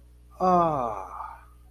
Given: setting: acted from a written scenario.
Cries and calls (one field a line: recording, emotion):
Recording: vocal sound without words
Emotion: sympathy